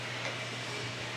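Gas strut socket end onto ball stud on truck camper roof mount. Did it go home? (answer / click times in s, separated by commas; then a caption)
no / none. The socket end of a lift-assist gas strut is being handled at the ball stud on a truck camper roof top mount, ready to be pushed on. Only a steady low hum and broadband noise are heard, with no distinct click. Nothing has seated or clicked yet.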